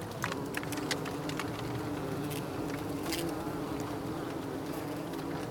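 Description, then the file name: Bees buzzing in a steady low hum that holds a constant pitch throughout, with scattered soft clicks and ticks over it. "Abeille"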